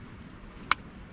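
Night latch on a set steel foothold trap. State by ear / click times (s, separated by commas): seated / 0.7 s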